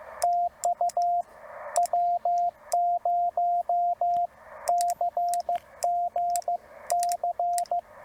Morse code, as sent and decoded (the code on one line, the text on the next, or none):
- ..- / .-- ----- -.-. --. -.-.
TU W0CGC